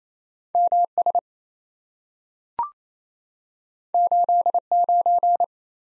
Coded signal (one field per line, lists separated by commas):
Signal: Morse code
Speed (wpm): 28 wpm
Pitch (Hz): 700 Hz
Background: none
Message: MS 89